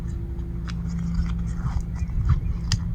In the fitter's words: Ayun, nag-lock na.